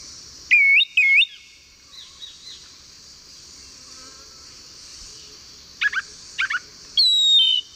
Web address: Natures Songs S America Eastern Lowlands. Turdus lawrencii, song